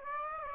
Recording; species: mosquito wingbeat signal from an infrared sensor; Aedes aegypti